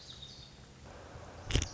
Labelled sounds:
Lazuli Bunting
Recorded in Sonoma County, California

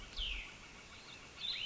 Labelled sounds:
Cassin's Vireo
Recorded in Sonoma County, California

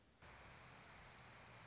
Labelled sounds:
Orange-crowned Warbler
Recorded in Sonoma County, California

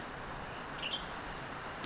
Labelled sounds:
Western Tanager
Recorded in Sonoma County, California

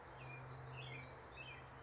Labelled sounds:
California Towhee
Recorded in Sonoma County, California

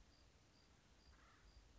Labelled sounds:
Acorn Woodpecker
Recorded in Sonoma County, California

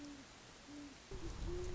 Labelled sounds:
Great Horned Owl
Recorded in Sonoma County, California

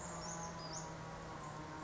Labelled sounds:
Western Flycatcher
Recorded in Sonoma County, California

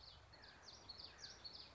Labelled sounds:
Common Yellowthroat
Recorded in Sonoma County, California

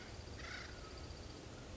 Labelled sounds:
Acorn Woodpecker
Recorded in Sonoma County, California

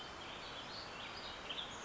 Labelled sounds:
Western Tanager
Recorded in Sonoma County, California

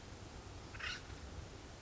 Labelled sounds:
Acorn Woodpecker
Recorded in Sonoma County, California

